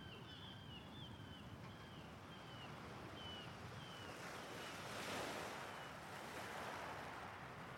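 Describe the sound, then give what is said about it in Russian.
Waves roll onto the shore at night during a rising tide in a steady, hissing wash that swells into a louder surge partway through, then eases back. Faint high chirps flicker above the surf early on. “Волны накатывали на берег, то тихо, то с громким шумом.”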